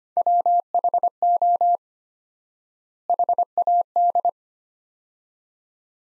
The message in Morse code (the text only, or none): WHO HAD